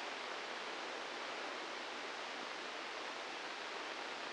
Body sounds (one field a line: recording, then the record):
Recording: brain microelectrode recording played as sound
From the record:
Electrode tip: inside the subthalamic nucleus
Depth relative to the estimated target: 4 mm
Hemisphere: left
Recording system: NeuroSet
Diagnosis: Parkinson's disease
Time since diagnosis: 10 years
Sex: male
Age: 63 years